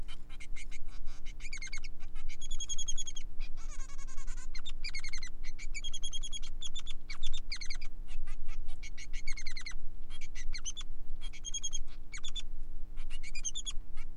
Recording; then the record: song of a male Bengalese finch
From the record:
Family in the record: son of father 3